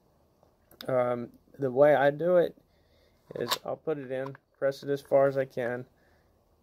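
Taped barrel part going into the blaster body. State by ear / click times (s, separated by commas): not seated / none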